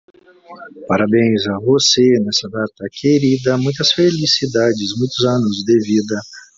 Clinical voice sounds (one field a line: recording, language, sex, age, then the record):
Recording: short text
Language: Brazilian Portuguese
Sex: male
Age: 50 to 59 years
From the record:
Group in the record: control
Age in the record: 55 years